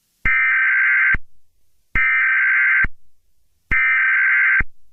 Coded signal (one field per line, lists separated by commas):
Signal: Emergency Alert System (SAME) tones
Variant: header bursts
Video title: EAS Scenario #14: Zombie Spinosaurus (Very Late Halloween Special)